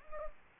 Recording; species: mosquito wingbeat signal from an infrared sensor; Anopheles gambiae